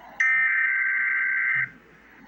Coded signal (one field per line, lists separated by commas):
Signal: Emergency Alert System (SAME) tones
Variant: header bursts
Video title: Emergency Alert System - Special Weather Statement - Dec 18, 2025 at 3:46 PM EST